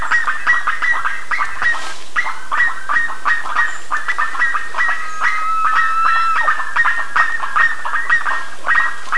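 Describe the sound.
Birds calling in a crowd, choppy mid-pitched notes repeated rapidly, with a thin drawn-out whistle briefly rising above.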